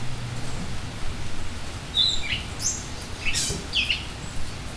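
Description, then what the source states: Bird giving thin, high chirps and short downward-sliding notes, scattered through the second half over a hissing, rain-like background. Heard in rain.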